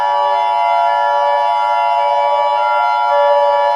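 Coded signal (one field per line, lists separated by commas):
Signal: Emergency Alert System (SAME) tones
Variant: 853 and 960 Hz attention tone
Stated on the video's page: Fictional EAS scenario.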